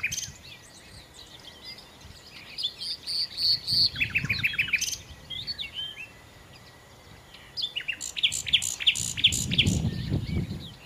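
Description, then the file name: Common nightingale song: bursts of quick repeated high notes and chirps, a pause, then a louder run of sharp repeated notes, over a low rumbling background. "Nachtigall"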